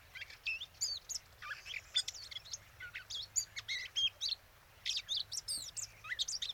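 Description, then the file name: Eurasian blackcap delivering quick bursts of twittering, sharply rising and falling notes over a steady background hiss. "Sylvia atricapilla"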